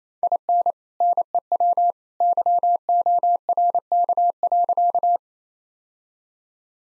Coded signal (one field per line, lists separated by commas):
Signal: Morse code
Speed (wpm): 28 wpm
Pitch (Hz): 700 Hz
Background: none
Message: IN NEW YORK.